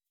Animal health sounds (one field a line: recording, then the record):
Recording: hydrophone in a shrimp aquaculture tank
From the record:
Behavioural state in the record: weakened